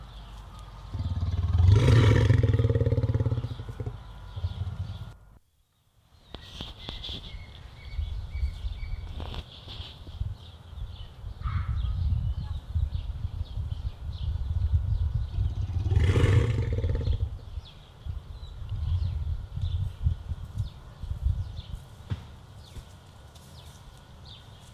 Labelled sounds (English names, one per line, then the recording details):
Muskox rut call
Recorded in captivity
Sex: male
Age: adult
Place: Tierpark Berlin, Berlin, DE
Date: 1971-10-06 12:11
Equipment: Nagra, Scotch-Band LP Polyester
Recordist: Altmann, Dagmar
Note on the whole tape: Bulle "Bogomil": Brunftlaute. Aufnahmen von 12.11 bis 14.37 Uhr